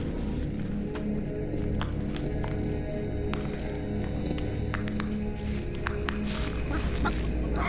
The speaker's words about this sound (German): Ein Huhn. Ein einziges Huhn. Nichts ist komischer als ein alleinstehendes Huhn zu Füßen der Finanzmonumente Mitteleuropas.